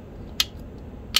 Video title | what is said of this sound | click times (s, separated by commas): 3D Printed N Scale Model Railroad Passenger Cars. How To Add Track Powered Lighting | it snaps right in and it's not going to go anywhere okay | 0.4 s, 1.2 s